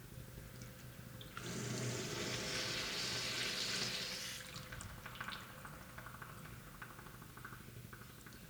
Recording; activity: daily activity, guitar pickup as the sensor; flush